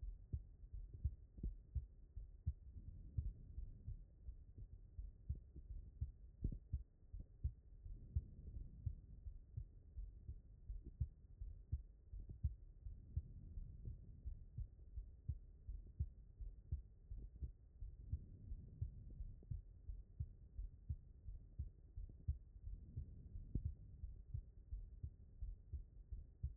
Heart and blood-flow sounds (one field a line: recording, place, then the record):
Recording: heart sounds by stethoscope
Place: aortic valve (AV)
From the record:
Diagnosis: non-HFrEF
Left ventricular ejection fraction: 67%